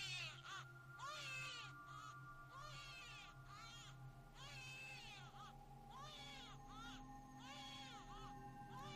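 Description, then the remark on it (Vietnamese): A baby cries faintly in the distance, a run of about seven wavering, high-pitched wails that rise and fall in pitch, over a steady low hum. “Chị vừa chợp mắt được một lát, bất giác chị lại nghe tiếng trẻ con khóc văng vẳng đâu đây.”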